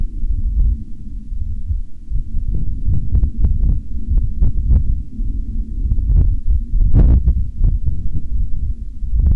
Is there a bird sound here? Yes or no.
no